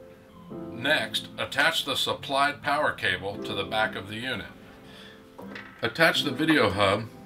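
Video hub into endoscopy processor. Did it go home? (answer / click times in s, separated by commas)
no / none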